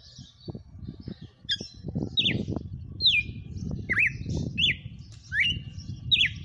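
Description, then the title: Red-cowled cardinal whistling a series of swooping notes, dipping and rising, against continuous low rumbling noise. Female named Fenrir, singing in front of a customer. "Canto Galo Campina Fêmea. Galo de campina cantando na cara do FREGUÊS - Esse é o FENRIR"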